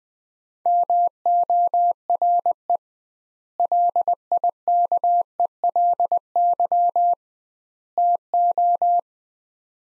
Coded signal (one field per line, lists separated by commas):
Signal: Morse code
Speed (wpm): 20 wpm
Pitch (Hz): 700 Hz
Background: none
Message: MORE LIKELY TO